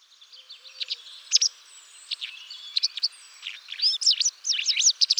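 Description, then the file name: White wagtail calls: soft, high twittering notes early on, building into a faster run of sharp, chirpy calls near the end. "motacilla alba"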